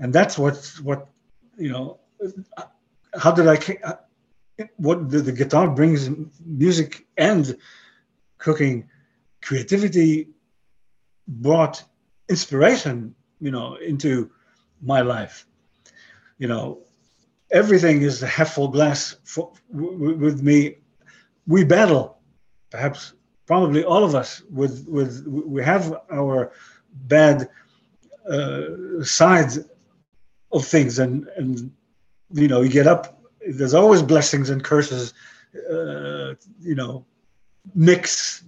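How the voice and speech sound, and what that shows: A 62-year-old man with aphasia after a stroke about 11 years earlier, who lost most of his languages, speaks broken English haltingly. There are long pauses, frequent fillers such as "you know", word repeats and broken grammar, and putting words together is difficult.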